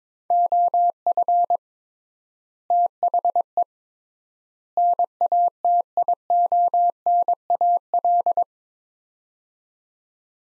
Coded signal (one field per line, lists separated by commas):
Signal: Morse code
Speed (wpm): 22 wpm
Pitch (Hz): 700 Hz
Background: none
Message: OF THE NATIONAL